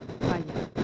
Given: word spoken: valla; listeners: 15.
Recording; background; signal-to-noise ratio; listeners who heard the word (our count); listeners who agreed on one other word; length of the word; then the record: one Spanish word in noise, from a listening test; noise modulated by three-talker babble; -5.9 dB; 5 of 15; 6 of 15; 0.44 s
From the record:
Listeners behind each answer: 6, 5, 1, 1, 1, 1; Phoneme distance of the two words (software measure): 10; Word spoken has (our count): 2 syllables, 4 phonemes, stress on syllable 1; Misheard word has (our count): 2 syllables, 4 phonemes, stress on syllable 1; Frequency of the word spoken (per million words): 4.54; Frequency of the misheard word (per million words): 17.18